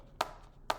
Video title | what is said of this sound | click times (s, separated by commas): Is A $135 Wallet Ever Worth It? (Bellroy Apex Review) | And again, if it isn't for the satisfying little click that it does, um there's not really much | 0.2 s, 0.7 s